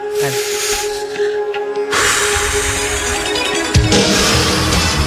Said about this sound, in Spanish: Vamos a respirar, amigos.